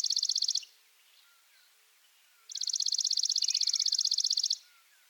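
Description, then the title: Chipping Sparrow giving a dry, even, very rapid trill of high notes. A short burst is followed by a pause, then a two-second trill. Subspecies arizonae; masteran (tutor) recording, titled burung gereja. "burung gereja dead sea masteran. Chipping Sparrow (Spizella passerina arizonae)"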